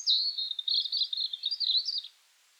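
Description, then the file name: European robin singing one continuous high warble, rapid and tinkling, lasting about two seconds before silence. "Erithacus rubecula"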